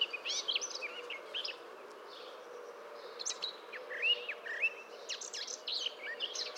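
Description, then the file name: Eurasian blackcap song: bursts of quick, rich warbling notes separated by a short lull in the middle, against a low background hum. "Sylvia atricapilla"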